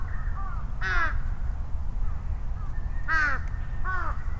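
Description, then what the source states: Crows calling with loud raspy caws in short bursts, one answering another, with a steady low rumble of traffic behind. Crows calling and responding to each other over vehicle rumble; Sunday noon, Ichimiyake, Yasu City, Shiga Prefecture, Japan; Sony PCM-M10 with small omnidirectional mics on bicycle handlebar bag.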